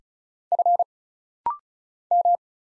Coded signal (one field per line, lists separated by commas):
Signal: Morse code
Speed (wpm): 36 wpm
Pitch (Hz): 700 Hz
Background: none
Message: F M